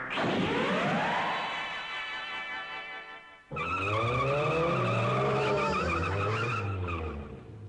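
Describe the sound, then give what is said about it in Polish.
A car's tires screech loudly as it skids to a stop on a street, a long high-pitched squeal with bending pitch that breaks briefly midway, then resumes even harsher before ending. “To niebezpieczne, kiedy przebiega się przez ulicę. Nie widać wtedy, czy jedzie samochód.”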